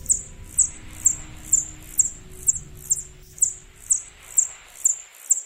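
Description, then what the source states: Parti-coloured bat call: sharp, high ticking pulses repeated steadily about twice a second. Typical late-autumn call; the only bat in Sweden whose call humans can hear; likened to a wobbly, bent bicycle wheel.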